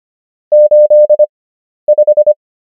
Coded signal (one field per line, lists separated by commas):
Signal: Morse code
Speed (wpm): 25 wpm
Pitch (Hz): 600 Hz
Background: none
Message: 85